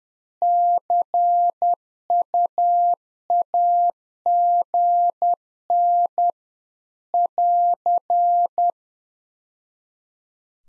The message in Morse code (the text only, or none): CUAGN <AR>